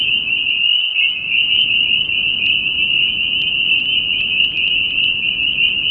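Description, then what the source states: Spring peeper chorus, many high peeping calls merging into one steady, piercing trill that never pauses, over soft low background noise. Recorded at New Paltz.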